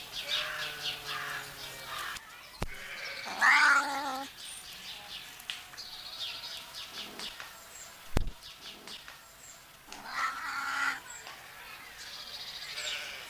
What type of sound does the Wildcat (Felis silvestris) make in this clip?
call